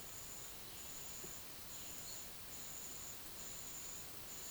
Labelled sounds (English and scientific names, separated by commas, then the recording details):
none
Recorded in dense forest near Puerto Asís, Putumayo, Colombia, on 19 February 2024 at 11:00
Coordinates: 0.505, -76.324
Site G6467